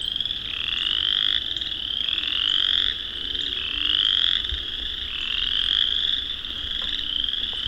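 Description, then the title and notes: Chorus frogs trilling, with clear rising pulsed calls standing out about every one to two seconds above a thick background chorus of many others. Thousands, perhaps tens of thousands, of chorus frogs in Vinemount Swamp on a spring walk at dusk; frogs use calls to establish territory. "An Evening With Chorus Frogs. Tonight we'll be taking dusk spring walk through the Vinemount Swamp, and will hear thousands, maybe tens of thousands, of chorus frogs. Rob Porter. Songbirding"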